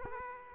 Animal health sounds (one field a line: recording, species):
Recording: mosquito wingbeat signal from an infrared sensor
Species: Aedes aegypti